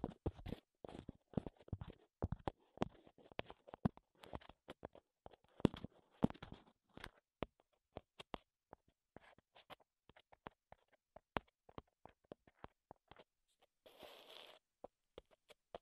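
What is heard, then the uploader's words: Sharp wooden taps and clicks, dense and irregular for the first seven seconds, then sparser single knocks, with a brief scraping rustle near fourteen seconds. ASMR Wood Triggers in Your Ears (No Talking).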